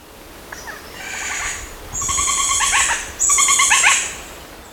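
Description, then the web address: Powerful Woodpecker giving harsh, rattling chattered bursts, three phrases that grow louder, each with buzzy ringing overtones. Ecuador. "S America Birds of Ecuador. Powerful Woodpecker"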